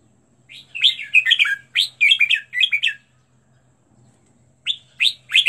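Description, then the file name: Red-whiskered bulbul song: a run of quick, overlapping whistled notes, a pause, then three spaced rising notes. Used to teach birds to sing, featuring 15 standard song styles. "tieng-luyen-giong-chao-mao-hot-15-giong-chuan"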